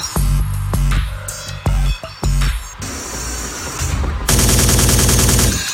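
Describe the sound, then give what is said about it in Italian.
Loud bursts of gunfire, sharp repeated cracks and booms over a low rumbling engine-like drone, ending in a dense, continuous rattle of rapid shots. “no like shooting. Morbido. Uno body, due bodies, lots of bodies. Boom, bang, everywhere.”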